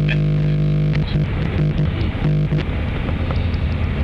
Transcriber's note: interference